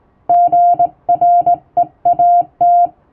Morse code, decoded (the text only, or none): GREAT